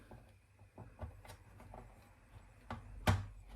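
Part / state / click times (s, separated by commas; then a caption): internal power supply into game console chassis / not seated / none. An internal power supply unit is slid into its bay in the plastic chassis of an Xbox One S game console. Quiet handling noise carries soft knocks and scrapes near 1.0, 1.7 and 2.7 seconds, with the loudest knock at 3.1 seconds. Nothing has seated or clicked yet.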